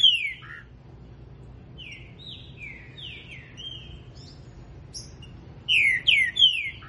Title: Canto De Trinca Ferro. Trinca ferro Rex esquentando